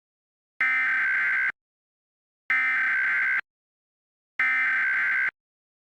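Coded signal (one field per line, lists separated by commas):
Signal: Emergency Alert System (SAME) tones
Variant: header bursts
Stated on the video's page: Fictional EAS scenario.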